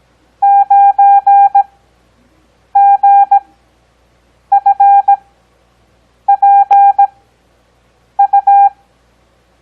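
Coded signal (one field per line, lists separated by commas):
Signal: Morse code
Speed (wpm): 17 wpm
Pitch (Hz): 800 Hz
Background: none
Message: 9GFPU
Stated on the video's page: Morse code copy practice covering letters, digits and punctuation, Farnsworth timing with 17 WPM characters at 6 WPM overall.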